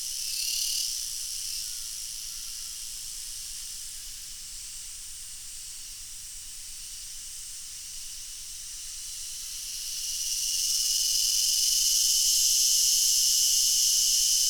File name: zapsplat animals insects cicada crickets summer day australia